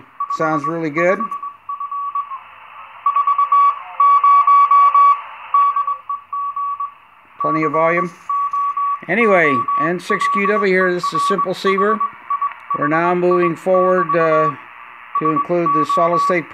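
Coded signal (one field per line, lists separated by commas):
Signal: Morse code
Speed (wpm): 21 wpm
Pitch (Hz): 1140 Hz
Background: speech, radio noise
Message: 55F 40 DEG COOLER HIHI <BT> SO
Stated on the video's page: Heard through an ADE-1 product detector on the Simpleceiver Plus receiver.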